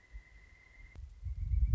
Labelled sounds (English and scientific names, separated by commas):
Pileated Woodpecker (Dryocopus pileatus)